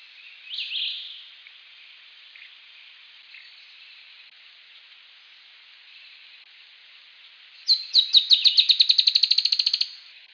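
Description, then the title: Dusky-tailed antbird: a brief high note, a long quiet pause, then a fast series of sharp high notes lasting about two seconds. "LuckyPassaro Completos2Sama. Dusky-tailed Antbird (Drymophila malura)"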